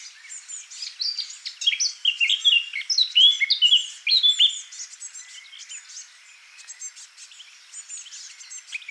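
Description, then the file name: Eurasian blackcap song, a loud phrase of fluting whistles and warbles over about four seconds, followed by faint high chattering notes. "Sylvia atricapilla"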